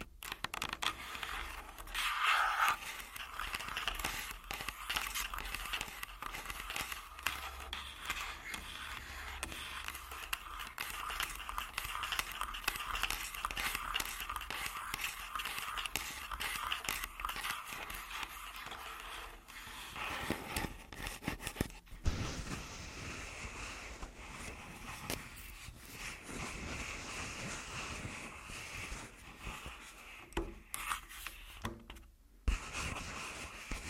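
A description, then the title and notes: Full body tapping and scratching, a dense, fast run of dry scrapes and light taps that rarely pauses. For the first twenty seconds the strokes are steady and even. After that they turn sparser and more uneven, with a few sharper taps near twenty-two and thirty-two seconds. ASMR Tascam Full Body Tapping & Scratching (No Talking).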